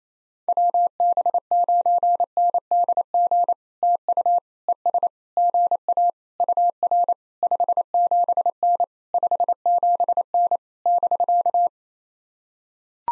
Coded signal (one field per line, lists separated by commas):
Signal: Morse code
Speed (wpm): 28 wpm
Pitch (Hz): 700 Hz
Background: none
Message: WB9NDG TU ES GA UR 57N 57N <BK>